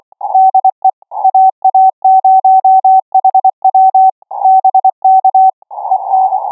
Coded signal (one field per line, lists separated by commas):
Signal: Morse code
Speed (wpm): 26 wpm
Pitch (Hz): 760 Hz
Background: none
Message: DE AA0HW BK EN